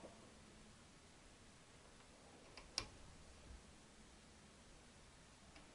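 A torque wrench at its set torque is pulled gently to tighten a bolt on a Triumph T120 engine during a rebuild. A faint tick comes at about 2.6 s, then the wrench gives one sharp, short click at 2.8 s as it reaches its setting, over a quiet background.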